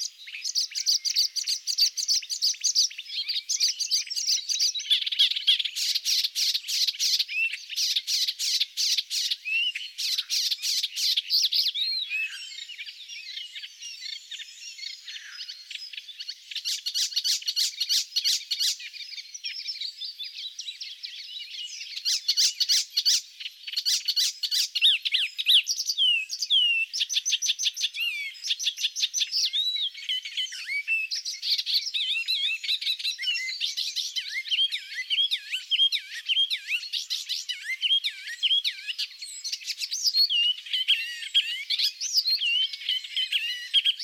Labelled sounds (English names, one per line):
Icterine Warbler song